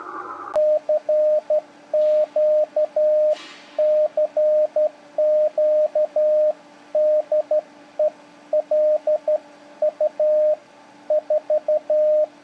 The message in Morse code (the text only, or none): CQ CQ DE LU4